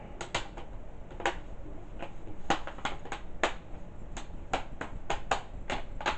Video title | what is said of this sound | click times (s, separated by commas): Laptop screen replacement / How to replace laptop screen HP Probook 650 G1 | just literally snaps back into place | 0.4 s, 1.3 s, 2.5 s, 3.4 s, 5.3 s